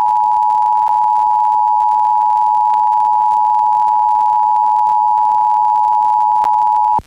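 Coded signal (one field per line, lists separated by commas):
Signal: Emergency Alert System (SAME) tones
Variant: 853 and 960 Hz attention tone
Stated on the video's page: Pennsylvania required monthly tests recorded off several FM radio stations and translators.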